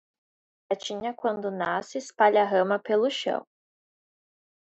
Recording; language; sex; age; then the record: short text; Brazilian Portuguese; female; 20 to 29 years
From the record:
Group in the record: control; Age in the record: 27 years